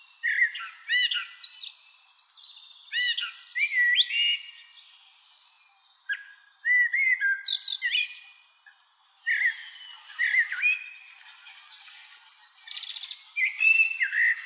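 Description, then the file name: Common blackbird song of clear fluted whistles and looping notes, each phrase trailing into high squeaky twitters, repeated steadily throughout. "Turdus merula"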